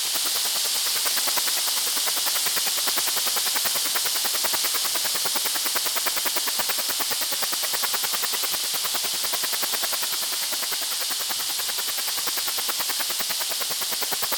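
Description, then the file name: Cicada song: an unbroken, hissing buzz made of rapid, evenly spaced pulses that holds steady in pitch and loudness throughout. "macedonica"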